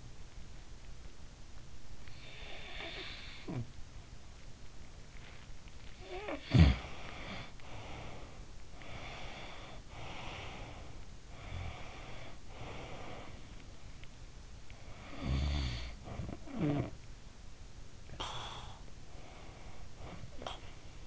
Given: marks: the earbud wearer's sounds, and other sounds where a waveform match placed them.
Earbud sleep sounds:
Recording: sounds in sleep by an in-ear microphone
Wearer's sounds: breath, snoring breath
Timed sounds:
1.55-4.18 s: breath
5.78-8.58 s: snoring breath
8.58-13.67 s: breath
14.70-17.40 s: snoring breath
18.23-21.06 s: breath

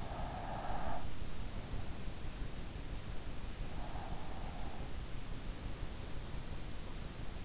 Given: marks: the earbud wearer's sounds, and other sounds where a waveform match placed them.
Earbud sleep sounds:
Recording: sounds in sleep by an in-ear microphone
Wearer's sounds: breath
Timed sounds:
0.00-1.58 s: breath
3.76-5.01 s: breath

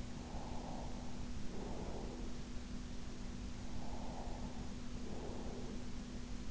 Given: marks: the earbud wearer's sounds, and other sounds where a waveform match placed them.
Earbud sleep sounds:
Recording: sounds in sleep by an in-ear microphone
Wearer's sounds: breath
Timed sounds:
0.14-2.99 s: breath
3.70-6.22 s: breath

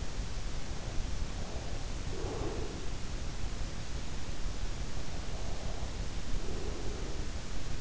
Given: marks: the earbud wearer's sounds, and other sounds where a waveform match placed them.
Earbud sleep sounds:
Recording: sounds in sleep by an in-ear microphone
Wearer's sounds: breath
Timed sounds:
1.38-3.12 s: breath
5.48-7.81 s: breath

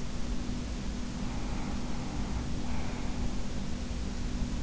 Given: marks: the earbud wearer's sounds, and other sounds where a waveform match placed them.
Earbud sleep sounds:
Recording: sounds in sleep by an in-ear microphone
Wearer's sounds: breath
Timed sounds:
1.09-3.54 s: breath

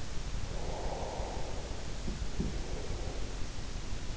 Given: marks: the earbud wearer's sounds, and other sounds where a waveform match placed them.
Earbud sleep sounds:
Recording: sounds in sleep by an in-ear microphone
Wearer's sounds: breath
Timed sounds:
0.52-3.60 s: breath

